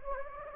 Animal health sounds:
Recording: mosquito wingbeat signal from an infrared sensor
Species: Anopheles gambiae

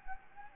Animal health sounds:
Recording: mosquito wingbeat signal from an infrared sensor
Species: Anopheles gambiae

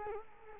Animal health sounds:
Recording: mosquito wingbeat signal from an infrared sensor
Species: Culex quinquefasciatus

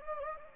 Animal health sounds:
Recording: mosquito wingbeat signal from an infrared sensor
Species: Anopheles gambiae

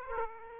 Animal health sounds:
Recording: mosquito wingbeat signal from an infrared sensor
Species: Aedes aegypti

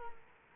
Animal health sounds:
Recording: mosquito wingbeat signal from an infrared sensor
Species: Culex quinquefasciatus

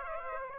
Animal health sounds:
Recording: mosquito wingbeat signal from an infrared sensor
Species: Aedes aegypti

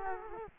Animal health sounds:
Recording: mosquito wingbeat signal from an infrared sensor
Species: Culex quinquefasciatus

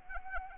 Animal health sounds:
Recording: mosquito wingbeat signal from an infrared sensor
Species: Anopheles arabiensis

